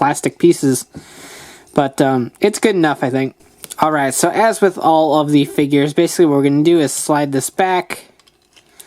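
Someone talks while handling a plastic fruit armor piece, sliding it back to pop it onto an action figure's head peg. Two faint, brief handling ticks come near the end, around 8.2 and 8.5 seconds. The clip ends before the part goes home, so nothing has seated yet.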